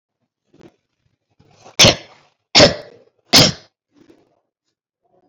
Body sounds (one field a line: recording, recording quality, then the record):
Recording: shallow voluntary cough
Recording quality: excellent, no background noise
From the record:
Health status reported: COVID-19 positive, mild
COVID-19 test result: positive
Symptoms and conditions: breathing difficulty, fatigue, hypertension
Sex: female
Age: 62 years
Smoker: not ticked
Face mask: not worn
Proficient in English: yes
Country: India